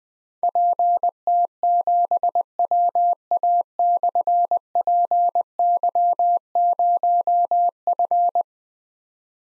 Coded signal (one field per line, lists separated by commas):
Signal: Morse code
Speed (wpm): 21 wpm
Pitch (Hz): 700 Hz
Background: none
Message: PT7WA/PY0F